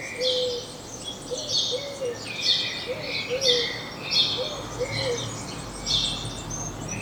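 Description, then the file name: House sparrow chirps repeated throughout, with low wavering notes and steady background noise. "Passer domesticus"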